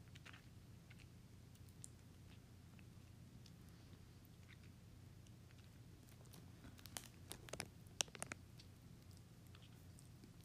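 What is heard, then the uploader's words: Soft tapping and squishing on a yellow cake squishy, with faint scattered taps early on and a denser cluster of crisp taps and squeezes between about seven and eight and a half seconds. A steady low hum runs underneath throughout. Dessert asmr • hostess snack and cake squishy. Tapping and squishing a yellow cake squishy sounds.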